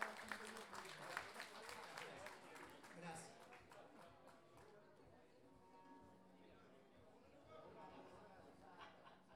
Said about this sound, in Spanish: Así que un aplauso